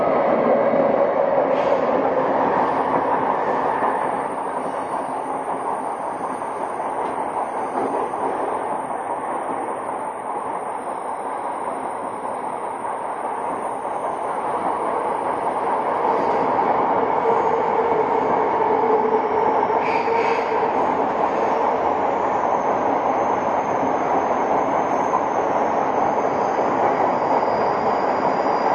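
A Tokyo Metro 05 series train running between stations: steady dense rumble with a faint high whine and brief squeals near 2 and 20 seconds.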